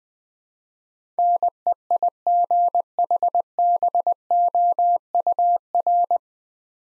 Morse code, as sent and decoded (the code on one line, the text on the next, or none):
-. . .. --. .... -... --- ..- .-.
NEIGHBOUR